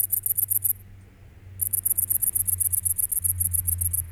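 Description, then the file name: Great green bush-cricket giving quick, high, buzzy pulse trains that pause for about a second and then restart, over a low steady hum. "Tettigonia viridissima"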